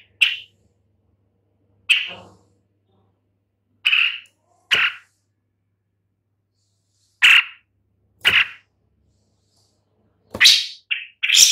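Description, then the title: Long-tailed shrike giving short, sharp rasping calls, often in pairs, spaced irregularly across the recording. "Lanius Schach Sun"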